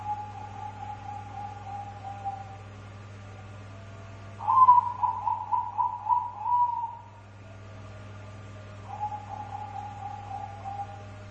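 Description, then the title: Dove cooing: a louder pulsed phrase of several notes in the middle, with quieter steady coos before and after and a low background hum. "Canto Da Pomba"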